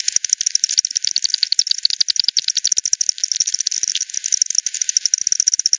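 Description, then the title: Bat echolocation pulses made audible: many quick, regular ticks throughout. "WW bat 20201007 T 18 : 10 Z-Hogsmill-Lane-Hogsmill-River-multiple-bats"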